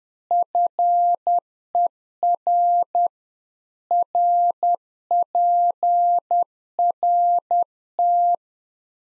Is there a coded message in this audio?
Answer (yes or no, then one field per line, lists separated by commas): yes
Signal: Morse code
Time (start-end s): 0.3-8.3 s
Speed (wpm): 10 wpm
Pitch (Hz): 700 Hz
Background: none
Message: FER RPRT